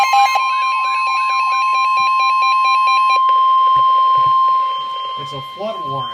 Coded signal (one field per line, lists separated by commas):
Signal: Emergency Alert System (SAME) tones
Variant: 1050 Hz attention tone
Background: speech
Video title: NOAA - Flood Warning (EAS #1,125)